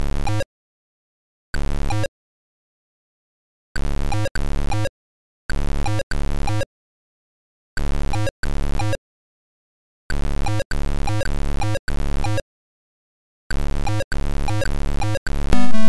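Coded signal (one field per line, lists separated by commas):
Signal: none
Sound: computer game music beeps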